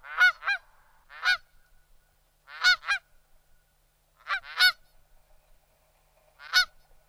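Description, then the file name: Canada goose honking: nasal honks, often in pairs, given in spaced bursts every one to two seconds against a quiet background. "branta canadensis"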